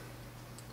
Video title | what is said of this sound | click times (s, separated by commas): Verizon Thunderbolt Car Dock Review.mp4 | Very simple. On top, snap it in. | 0.6 s